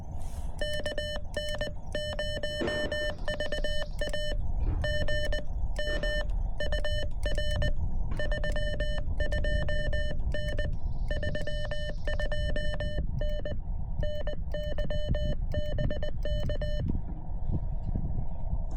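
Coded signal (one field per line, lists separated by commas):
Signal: Morse code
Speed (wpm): 20 wpm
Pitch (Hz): 3000 Hz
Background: none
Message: KN0VA GM UR 32N 32N NY BK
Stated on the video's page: Morse heard during a combined park and summit activation on foot; very weak signals masked by noise from nearby brush-clearing machinery.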